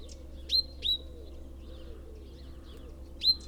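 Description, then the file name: Great tit calls: three bright, high notes dropping sharply in pitch, two quickly together then one after a pause, with faint lower chirps behind. "Parus major"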